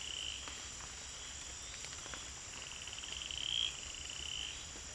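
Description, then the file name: Cayenne stubfoot toad producing a rapid pulsed trill that builds to a louder peak, with a continuous shrill insect chorus behind it. Amphibian recorded in French Guiana. "Guyane Amphibien atélope-jaunâtre"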